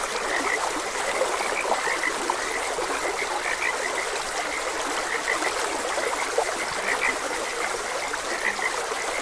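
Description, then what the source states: Frog chorus of brief sharp croaks, blended with constant running water. Frogs croaking beside a gentle stream.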